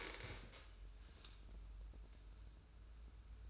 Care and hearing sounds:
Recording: daily activity, microphone in the room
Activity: stand up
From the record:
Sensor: 2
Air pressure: 994.3 hPa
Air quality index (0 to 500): 202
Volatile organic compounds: 1000 ppm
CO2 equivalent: 6644 ppm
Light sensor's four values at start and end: 119/284/120/126 and 78/175/79/84

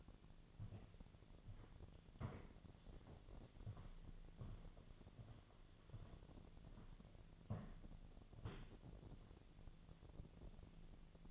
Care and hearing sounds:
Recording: daily activity, microphone in the room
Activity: walk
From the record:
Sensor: 4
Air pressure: 1009.0 hPa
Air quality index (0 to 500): 168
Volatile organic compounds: 4 ppm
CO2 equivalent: 1692 ppm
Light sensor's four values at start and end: 24/74/28/27 and 24/74/28/27

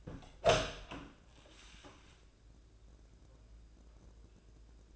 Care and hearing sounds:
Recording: daily activity, microphone in the room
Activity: open door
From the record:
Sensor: 2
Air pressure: 1012.2 hPa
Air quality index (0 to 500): 158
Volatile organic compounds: 2 ppm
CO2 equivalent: 1157 ppm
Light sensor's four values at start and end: 433/1087/442/467 and 433/1087/442/467

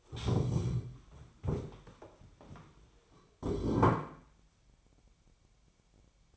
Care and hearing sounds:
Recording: daily activity, microphone in the room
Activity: stand up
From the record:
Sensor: 1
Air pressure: 1015.2 hPa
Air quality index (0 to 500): 188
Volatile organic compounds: 18 ppm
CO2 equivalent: 2634 ppm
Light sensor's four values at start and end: 11/28/11/12 and 12/30/12/13

